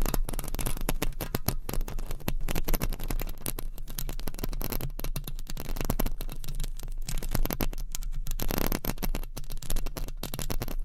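Mic scratching fills the whole stretch: dense, rapid scraping and rubbing strokes that crackle across lows and highs alike. The texture stays busy and fairly even, with brief near-silent gaps around 2, 5, 8 and 9 seconds and a steady low hum underneath.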